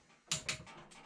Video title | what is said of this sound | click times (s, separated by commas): HCS VW T3 Restoration EP 41 | So you can hear the click there, | 0.3 s